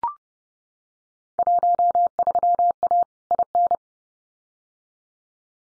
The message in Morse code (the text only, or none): 13A IN